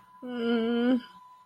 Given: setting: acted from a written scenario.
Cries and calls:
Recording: vocal sound without words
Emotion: disappointment

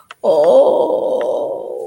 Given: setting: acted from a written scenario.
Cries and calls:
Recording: vocal sound without words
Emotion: guilt

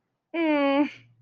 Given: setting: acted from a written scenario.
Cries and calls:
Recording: vocal sound without words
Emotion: pride

